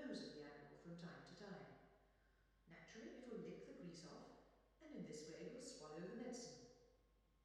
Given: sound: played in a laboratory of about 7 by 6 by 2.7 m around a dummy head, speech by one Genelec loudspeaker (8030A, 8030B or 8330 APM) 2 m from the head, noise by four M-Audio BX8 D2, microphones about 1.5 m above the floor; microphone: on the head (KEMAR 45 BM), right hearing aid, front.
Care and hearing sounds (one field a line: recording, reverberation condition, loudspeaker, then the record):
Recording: female speech in English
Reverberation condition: high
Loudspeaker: 30 degrees to the left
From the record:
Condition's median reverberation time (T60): about 1300 ms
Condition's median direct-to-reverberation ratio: about -4.0 dB